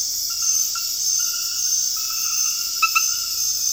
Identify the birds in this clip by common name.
none